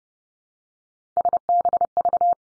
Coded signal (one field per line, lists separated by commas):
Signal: Morse code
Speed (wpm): 30 wpm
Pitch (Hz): 700 Hz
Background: none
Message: SBV